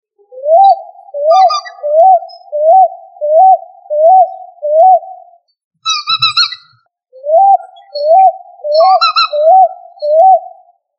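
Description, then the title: Pigeon-family call, rising-falling hoots repeated about once every 0.7 seconds in two runs, broken by a brief higher chirpy call. "ColumbidaePombaSama"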